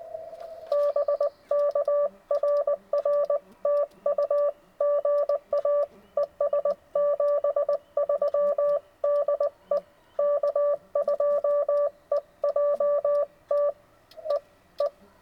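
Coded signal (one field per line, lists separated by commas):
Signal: Morse code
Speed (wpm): 19 wpm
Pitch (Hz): 560 Hz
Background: none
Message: BK RR TU GA ES 73 DE K2EJT E E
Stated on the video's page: Park activation (POTA) at a state forest at night, 20 W from an FTDX10, good bands with piles of callers.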